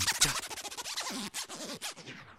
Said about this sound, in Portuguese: Que o som do scratch era parecido com o do zíper da minha blusa.